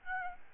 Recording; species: mosquito wingbeat signal from an infrared sensor; Aedes albopictus